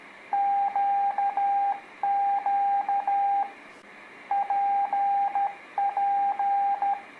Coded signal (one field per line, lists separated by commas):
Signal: Morse code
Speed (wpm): 13 wpm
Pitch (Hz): 800 Hz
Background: radio noise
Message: QQ PP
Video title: Practice Morse Code With Letters P Q R S T | Beginners